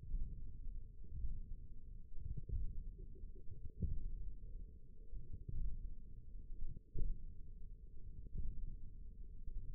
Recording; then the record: forearm muscle sounds (acoustic myography)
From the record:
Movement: tripod grip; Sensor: system 1, eight BSWA MPA416 microphones around the upper forearm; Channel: 2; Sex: male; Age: 20 years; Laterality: left